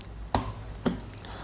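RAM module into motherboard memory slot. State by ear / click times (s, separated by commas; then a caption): seated / 0.3 s, 0.9 s. A second RAM module is pressed into a motherboard DIMM slot until both plastic retention latches snap shut. Two sharp, bright clicks sound at 0.3 s and 0.9 s over a low steady hum. The double click means the RAM is properly locked in place.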